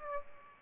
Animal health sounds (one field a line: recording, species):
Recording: mosquito wingbeat signal from an infrared sensor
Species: Aedes aegypti